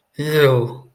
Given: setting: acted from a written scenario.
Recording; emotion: vocal sound without words; disgust